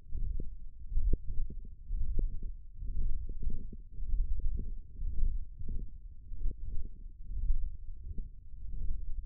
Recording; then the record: forearm muscle sounds (acoustic myography)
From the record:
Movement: ulnar deviation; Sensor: system 1, eight BSWA MPA416 microphones around the upper forearm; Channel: 6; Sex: male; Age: 21 years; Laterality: right